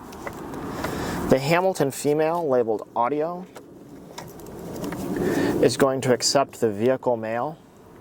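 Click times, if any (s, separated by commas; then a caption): none. Someone talks while an aftermarket CarPlay and Android Auto upgrade kit's female audio harness connector is handled and pushed toward the male plastic audio harness connector of a 2012-2015 Lexus LX, with a few faint short handling taps. The connector has not seated or snapped home yet.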